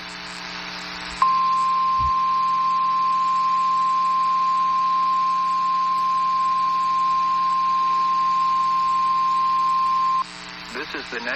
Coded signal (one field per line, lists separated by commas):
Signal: Emergency Alert System (SAME) tones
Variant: 1050 Hz attention tone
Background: speech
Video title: Eas Fwd rwt on KWN34 Eas#2088